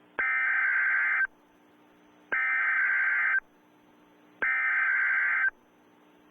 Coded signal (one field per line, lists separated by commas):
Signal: Emergency Alert System (SAME) tones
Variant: header bursts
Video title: EAS Scenario - Galveston Hurricane